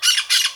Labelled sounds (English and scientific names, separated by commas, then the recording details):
Brown-throated Parakeet (Eupsittula pertinax) contact call
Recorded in Venezuela